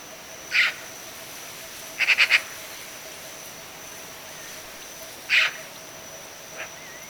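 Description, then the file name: Eurasian magpie making harsh grating calls: a lone note, then a quick burst of several notes, then another single rasp and a faint final note, with a steady whine behind. "Pica pica"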